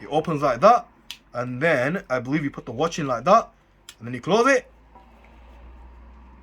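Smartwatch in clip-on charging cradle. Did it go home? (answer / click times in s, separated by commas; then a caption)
yes / 5.0 s, 5.2 s. Someone talks while an M103 smartwatch is placed into an opened clamshell plastic charging clip, which is then pressed closed around it. The clip snaps shut with clicks at about 5.0 s and 5.3 s, and the watch is seated in its clip-on charging cradle.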